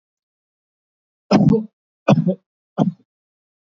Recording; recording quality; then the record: shallow voluntary cough; excellent, no background noise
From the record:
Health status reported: recovered from COVID-19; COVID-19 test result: positive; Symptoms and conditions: cough, cold, fever, loss of smell and taste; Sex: male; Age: 32 years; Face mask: not worn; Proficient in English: yes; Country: India